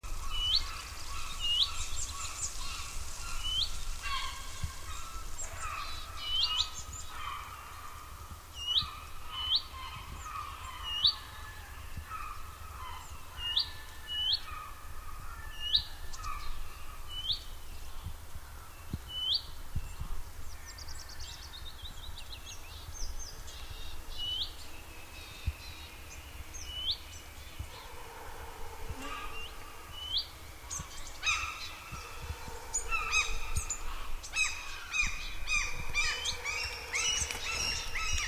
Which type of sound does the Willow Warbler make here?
call